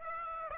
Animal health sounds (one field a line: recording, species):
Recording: mosquito wingbeat signal from an infrared sensor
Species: Aedes aegypti